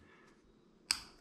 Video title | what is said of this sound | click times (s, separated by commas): Honda CRV Key Fob Remote Battery Replacement | then just push that in. Hear it click. | 0.9 s